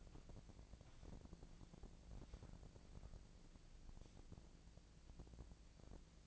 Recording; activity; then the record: daily activity, microphone in the room; walk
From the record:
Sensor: 5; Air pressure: 1012.2 hPa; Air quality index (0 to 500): 155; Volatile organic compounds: 2 ppm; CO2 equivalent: 1064 ppm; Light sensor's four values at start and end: 348/837/358/399 and 348/837/358/400